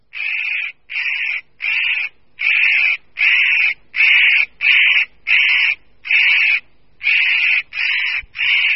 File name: Ořešník-kropenatý